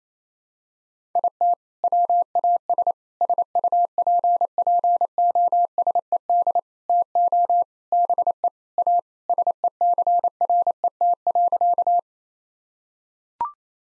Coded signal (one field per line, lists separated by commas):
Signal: Morse code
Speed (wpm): 28 wpm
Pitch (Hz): 700 Hz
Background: none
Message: IT WAS SUPPOSED TO BE A SECRET.